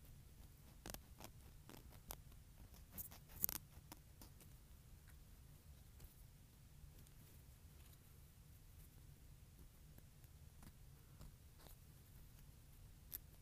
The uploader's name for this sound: Cutting and Filing my Nails